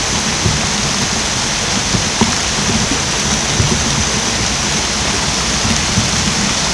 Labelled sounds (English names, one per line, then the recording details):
none
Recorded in pastures near Puerto Asís, Putumayo, Colombia, on 18 December 2024 at 23:00
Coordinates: 0.502, -76.324
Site G077